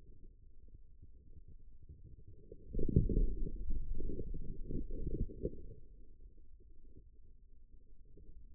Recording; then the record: forearm muscle sounds (acoustic myography)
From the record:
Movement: outward rotation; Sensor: system 2, bracelet of six BSWA MPA416 microphones around the upper forearm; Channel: 6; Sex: male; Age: 22 years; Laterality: right